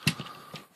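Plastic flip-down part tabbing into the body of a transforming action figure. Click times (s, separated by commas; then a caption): 0.1 s. A plastic part of a Transformers Prime RID Voyager Bulkhead action figure is flipped all the way down during transformation and tabbed into the figure's body. A sharp click is heard at 0.1 s as it seats, followed by fainter clicks. The part is now locked in place so it won't move.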